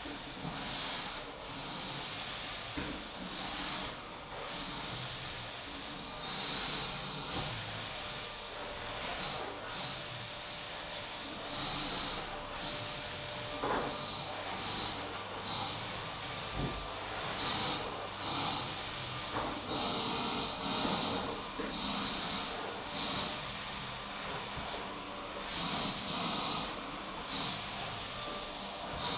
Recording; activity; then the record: daily activity, microphone in the room; vacuum cleaning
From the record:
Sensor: 1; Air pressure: 991.8 hPa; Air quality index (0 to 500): 184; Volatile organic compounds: 1000 ppm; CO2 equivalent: 7039 ppm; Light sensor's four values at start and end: 28/99/38/39 and 28/99/38/38